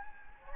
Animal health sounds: mosquito wingbeat signal from an infrared sensor; Anopheles gambiae

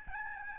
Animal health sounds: mosquito wingbeat signal from an infrared sensor; Aedes albopictus

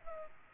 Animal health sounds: mosquito wingbeat signal from an infrared sensor; Culex pipiens

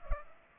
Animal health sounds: mosquito wingbeat signal from an infrared sensor; Culex pipiens

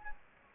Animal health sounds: mosquito wingbeat signal from an infrared sensor; Anopheles gambiae

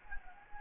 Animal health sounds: mosquito wingbeat signal from an infrared sensor; Anopheles gambiae

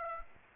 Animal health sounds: mosquito wingbeat signal from an infrared sensor; Aedes aegypti

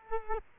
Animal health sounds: mosquito wingbeat signal from an infrared sensor; Culex quinquefasciatus

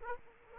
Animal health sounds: mosquito wingbeat signal from an infrared sensor; Aedes aegypti

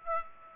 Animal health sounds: mosquito wingbeat signal from an infrared sensor; Aedes aegypti

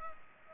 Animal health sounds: mosquito wingbeat signal from an infrared sensor; Culex pipiens

